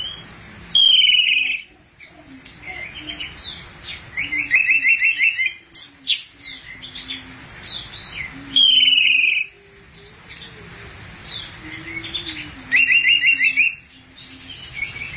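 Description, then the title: Thrush song: loud bursts of varied high twittering and rapid trilled phrases every few seconds. "burung anis x"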